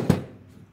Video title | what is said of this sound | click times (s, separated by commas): HaulMaster Step Stool Working Platform | that goes on. Clicks into place. | 0.1 s